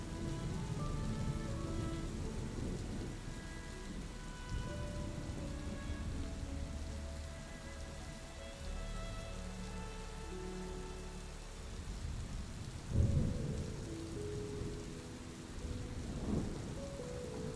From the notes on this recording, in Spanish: calmante sonido de la lluvia y el trueno, acompañado de música suave